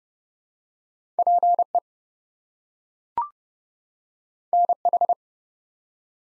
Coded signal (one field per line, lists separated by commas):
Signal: Morse code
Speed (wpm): 30 wpm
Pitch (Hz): 700 Hz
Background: none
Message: PE NH